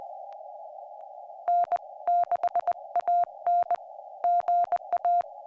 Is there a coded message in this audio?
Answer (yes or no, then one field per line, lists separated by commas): yes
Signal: Morse code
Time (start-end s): 1.5-5.2 s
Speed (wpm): 20 wpm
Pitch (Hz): 700 Hz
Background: none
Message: N6AN GA